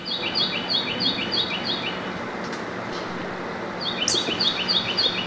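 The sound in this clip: Carolina wren song: rapid series of repeated high phrases, pausing midway and then resuming, over a constant low rumbling hum.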